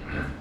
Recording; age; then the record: pig call; growing-finishing pig (85 days or more)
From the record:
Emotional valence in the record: positive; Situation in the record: run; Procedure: transit